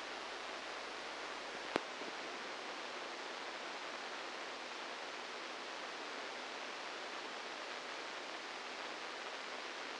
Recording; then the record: brain microelectrode recording played as sound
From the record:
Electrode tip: inside the subthalamic nucleus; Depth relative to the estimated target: -1 mm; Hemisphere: left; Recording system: NeuroSet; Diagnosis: Parkinson's disease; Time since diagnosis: 10 years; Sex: male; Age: 63 years